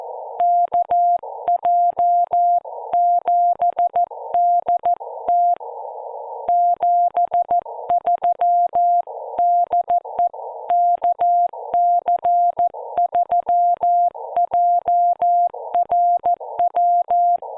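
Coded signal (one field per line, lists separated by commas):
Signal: Morse code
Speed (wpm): 14 wpm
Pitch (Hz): 700 Hz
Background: music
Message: KJ7DT 73 DE KC3JRW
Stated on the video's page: 14 WPM CW from a Parks on the Air activation at Monterey State Beach, IC-705 at 10 W, homebrew EFHW inverted vee.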